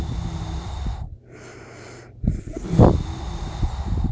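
An adult woman snoring, with low, rumbling snorts during sleep.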